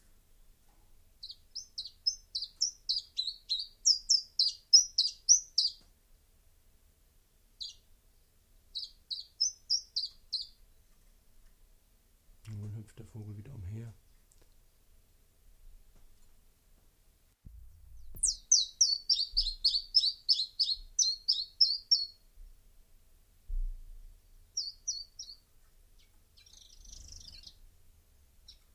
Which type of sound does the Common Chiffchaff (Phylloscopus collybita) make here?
song